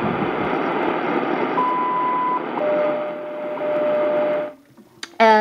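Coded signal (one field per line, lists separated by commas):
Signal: radio time signal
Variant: WWV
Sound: hissy shortwave static with a steady high tone, then a lower 600 Hz tone, then a buzzy burst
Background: radio static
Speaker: WWV 1 hour3 minutes what universal time uh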